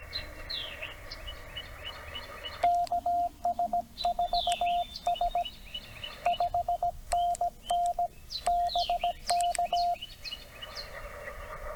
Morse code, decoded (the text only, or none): KS4S 5NN BK